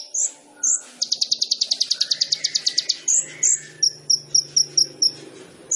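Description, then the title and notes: Sunbird song: sharp high chips, then a quick rhythmic trill of about twenty notes, followed by more spaced, piercing single chips. Indonesian masteran training recording for songbirds, with the bird singing actively (gacor) and full of isian and tembakan song phrases; meant as a lure (pancingan). "MASTERAN KOLIBRI NINJA FULL ISIAN DAN TEMBAKAN COCOK BUAT PANCINGAN. Suara Burung Kolibri Ninja Gacor"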